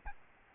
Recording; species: mosquito wingbeat signal from an infrared sensor; Aedes albopictus